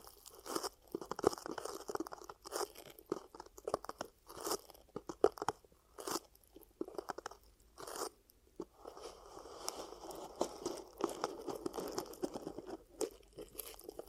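Ear cupping triggers: hands press and rub, making crunchy, muffled rustles in short bursts with sharp crackling taps scattered through. Quiet gaps break up the first half, then from about nine seconds a denser, steadier rubbing continues to the end.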